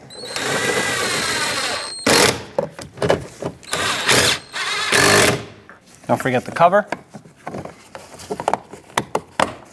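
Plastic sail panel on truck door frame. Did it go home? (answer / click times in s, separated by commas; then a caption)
yes / 9.0 s, 9.1 s, 9.4 s. Someone talks while the plastic sail panel of a 2007–2014 Chevrolet Silverado 2500HD is pressed onto the truck door frame after a side rear view mirror replacement, with handling noises and rustling. Its three clips line up and snap into place with sharp clicks at about 9.0, 9.2 and 9.4 seconds, and the panel is seated.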